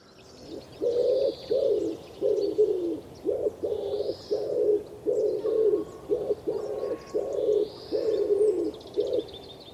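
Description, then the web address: Common wood pigeon cooing in a steady run of soft, low hooting notes, with faint higher bird calls in the background. "cianscape. Deverinetal. Bird Only"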